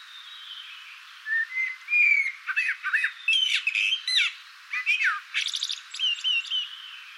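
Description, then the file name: Eurasian blackbird song, rich rising whistles followed by a long run of scratchy, high-pitched twittering notes with short gaps between bursts. "Turdus merula"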